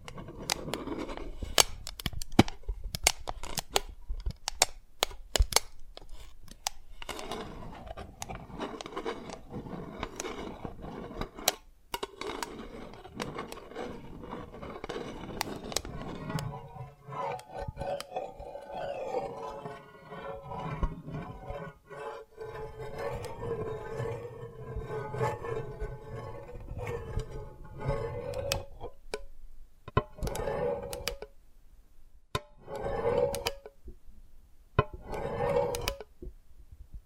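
Dalgona candy tapping and cracking: sharp, rapid clicks and taps come in dense bursts through the first fifteen seconds, then thin out. A softer rustling, scraping texture runs through the middle, and a few isolated loud taps stand out near the end.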